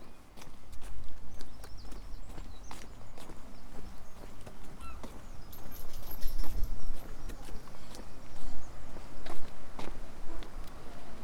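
Footsteps on the South West Coast Path, walking from Crackington Haven toward Boscastle. Sharp, irregular crunching steps and clicks land every half second or so over a low, rumbling wind that swells and fades, with a brief high whistle around six seconds.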